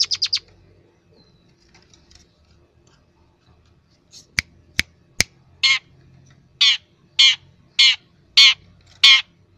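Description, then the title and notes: Long-tailed shrike calls: a short burst of high notes and three sharp clicks, then a series of harsh, grating rasps. Training recording for cage birds (masteran). "Cendet 07. Masteran Burung Cendet"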